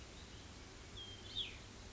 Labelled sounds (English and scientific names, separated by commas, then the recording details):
Cassin's Vireo (Vireo cassinii)
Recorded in Sonoma County, California